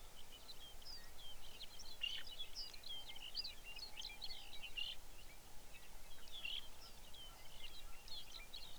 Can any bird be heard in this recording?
yes